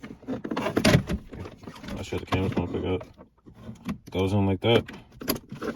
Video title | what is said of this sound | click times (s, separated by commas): Automatic Shifter Cover Replacement On 7th Gen. Maxima | you hear it click in place | 5.3 s